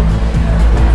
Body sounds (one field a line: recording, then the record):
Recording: background sound without coughing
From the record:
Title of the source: Party Noise 1 Hour Party Ambience